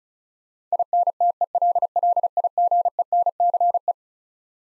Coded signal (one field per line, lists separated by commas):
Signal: Morse code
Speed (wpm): 36 wpm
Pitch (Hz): 700 Hz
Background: none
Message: INTELLIGENCE